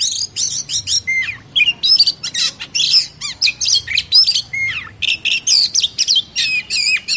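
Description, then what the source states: Oriental magpie-robin singing continuously, a dense stream of shrill whistles, down-slurred notes and scratchy buzzes with hardly a break. Champion singing bird.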